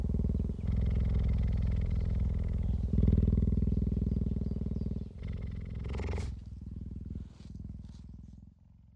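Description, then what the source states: Cheetah purring: a deep, steady, rapidly pulsed low rumble with short pauses near half a second, five and seven seconds, fading toward the end. Adult cheetah.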